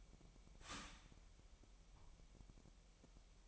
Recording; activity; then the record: daily activity, microphone in the room; start toaster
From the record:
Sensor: 1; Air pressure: 1002.0 hPa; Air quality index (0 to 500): 242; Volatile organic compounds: 46 ppm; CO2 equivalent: 3242 ppm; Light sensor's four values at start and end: 10/34/12/14 and 10/34/12/14